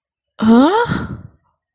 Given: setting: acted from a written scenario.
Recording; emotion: vocal sound without words; negative surprise